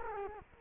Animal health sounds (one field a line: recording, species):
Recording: mosquito wingbeat signal from an infrared sensor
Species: Culex quinquefasciatus